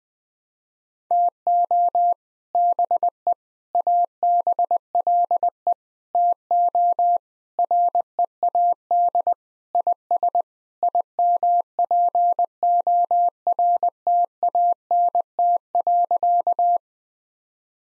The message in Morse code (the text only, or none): TO BE ABLE TO READ IS IMPORTANT.